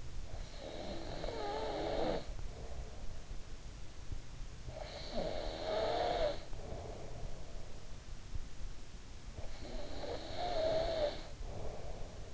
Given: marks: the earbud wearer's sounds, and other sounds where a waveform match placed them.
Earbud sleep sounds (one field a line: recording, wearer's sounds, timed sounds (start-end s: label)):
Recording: sounds in sleep by an in-ear microphone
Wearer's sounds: snoring breath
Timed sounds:
0.00-3.44 s: snoring breath
4.48-7.60 s: snoring breath
9.19-12.34 s: snoring breath